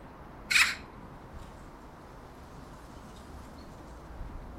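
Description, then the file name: Eurasian magpie uttering one short, grating chack near the start, followed by several seconds of soft background hiss. "Pica pica"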